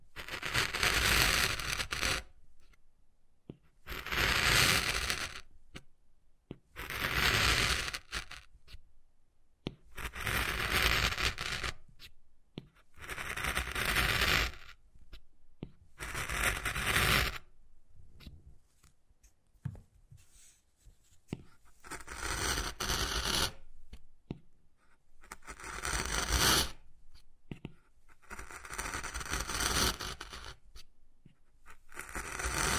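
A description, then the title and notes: Wood carving: rough scraping strokes, each lasting a second or two, repeat in a fairly steady rhythm with short silent pauses between them. The strokes sound gritty and bright. Around the middle there is a quieter stretch of small scratches before the strong strokes resume. Wood Carving, Tapping and Scratching Sounds.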